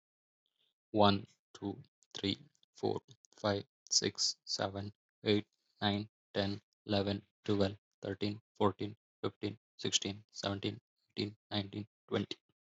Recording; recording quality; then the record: counting at a normal pace; excellent, no background noise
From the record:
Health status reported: healthy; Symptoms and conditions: none ticked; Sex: male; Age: 26 years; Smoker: not ticked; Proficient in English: yes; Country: India